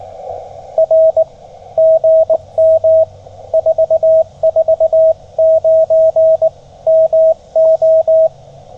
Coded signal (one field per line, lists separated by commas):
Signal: Morse code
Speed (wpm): 19 wpm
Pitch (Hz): 640 Hz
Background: radio noise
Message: R GM 449 MO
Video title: Tennessee CW with a new-to-me FT-817 at US-2950 Henry Horton State Park!